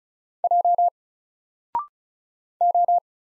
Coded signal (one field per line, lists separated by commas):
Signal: Morse code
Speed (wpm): 36 wpm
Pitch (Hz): 700 Hz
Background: none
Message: J O